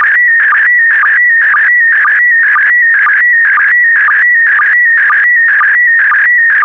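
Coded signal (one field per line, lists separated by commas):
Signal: SSTV (slow-scan television)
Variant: PD120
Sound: warbling tone near 2 kHz with short low chirps twice a second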